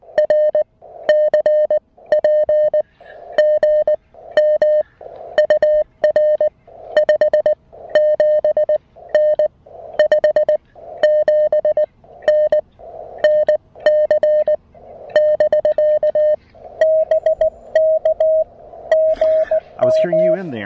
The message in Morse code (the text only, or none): R CP GM UR 57N 57N NC <BK> BK GM